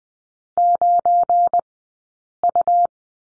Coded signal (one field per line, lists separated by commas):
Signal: Morse code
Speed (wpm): 20 wpm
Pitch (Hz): 700 Hz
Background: none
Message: 9U